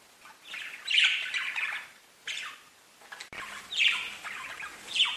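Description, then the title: Budgerigar chatter in bursts of warbled, scratchy notes with harsh squawks, separated by short pauses. "Budgie Sounds"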